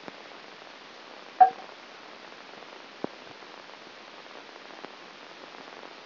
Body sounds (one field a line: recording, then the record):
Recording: brain microelectrode recording played as sound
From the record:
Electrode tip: outside the subthalamic nucleus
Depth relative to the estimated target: -8 mm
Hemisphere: left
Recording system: AlphaMap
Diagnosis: Parkinson's disease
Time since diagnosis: 9 years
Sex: male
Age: 68 years